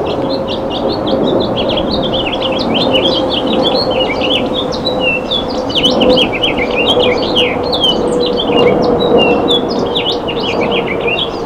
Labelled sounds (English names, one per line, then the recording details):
House Finch song
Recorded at Westbury on Long Island, New York, on 27 May 2013
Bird A